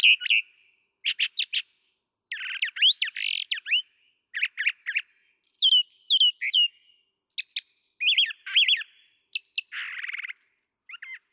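Brown thrasher song: rapid, varied phrases of sharp notes, slurred whistles and harsh notes, many repeated in pairs or triplets, with brief gaps between them.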